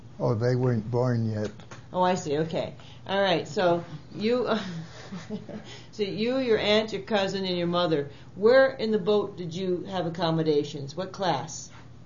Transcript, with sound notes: Oh, they weren't born yet.
Oh, I see. Okay. Alright, so you (laughs) so you, your aunt, your cousin, and your mother where in your boat did you have accommodations what class?